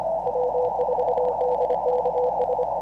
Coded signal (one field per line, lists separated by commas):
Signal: Morse code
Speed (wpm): 25 wpm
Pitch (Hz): 500 Hz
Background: none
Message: W4DKS